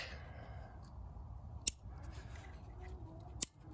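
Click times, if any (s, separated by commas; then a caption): 1.7 s, 3.4 s. Electrical wiring connectors are pushed back onto the ignition coil packs of a Toyota Prius during reassembly. Two sharp clicks at 1.7 s and 3.4 s stand out over a low background hum. The connectors are seated on the coil packs.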